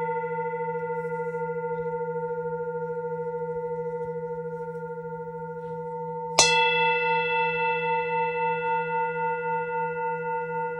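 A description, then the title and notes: A Tibetan singing bowl hums with a steady, wavering low tone and ringing overtones, then is struck again near six seconds, brightening and swelling. Harmonizing with Tibetan Bowls. Sounds of Tibetan Singing Bowls.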